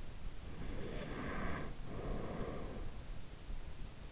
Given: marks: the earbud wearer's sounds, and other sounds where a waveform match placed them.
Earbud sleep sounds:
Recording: sounds in sleep by an in-ear microphone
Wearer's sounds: breath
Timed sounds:
0.29-3.15 s: breath

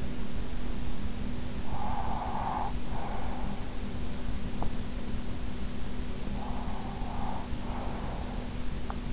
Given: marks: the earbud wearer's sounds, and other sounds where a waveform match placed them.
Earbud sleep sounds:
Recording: sounds in sleep by an in-ear microphone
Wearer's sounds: breath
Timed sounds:
1.18-3.90 s: breath
6.19-9.13 s: breath

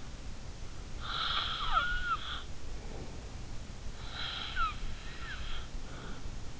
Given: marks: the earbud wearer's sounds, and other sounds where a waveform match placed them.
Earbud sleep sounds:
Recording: sounds in sleep by an in-ear microphone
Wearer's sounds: snoring breath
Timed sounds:
0.96-3.29 s: snoring breath
4.13-6.31 s: snoring breath

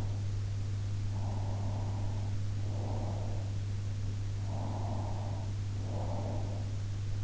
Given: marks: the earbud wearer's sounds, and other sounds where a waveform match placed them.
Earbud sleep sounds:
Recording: sounds in sleep by an in-ear microphone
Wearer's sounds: breath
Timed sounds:
1.27-3.14 s: breath
4.69-6.61 s: breath

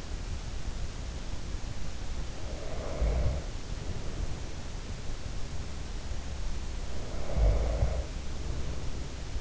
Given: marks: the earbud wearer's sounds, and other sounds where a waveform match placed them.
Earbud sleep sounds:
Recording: sounds in sleep by an in-ear microphone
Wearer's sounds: breath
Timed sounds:
2.11-4.22 s: breath
6.92-9.41 s: breath

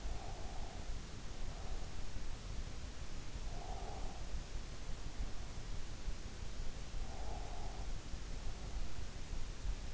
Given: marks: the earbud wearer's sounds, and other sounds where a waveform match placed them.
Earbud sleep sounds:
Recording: sounds in sleep by an in-ear microphone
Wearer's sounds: breath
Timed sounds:
0.00-1.98 s: breath
3.47-4.38 s: breath
7.01-8.02 s: breath

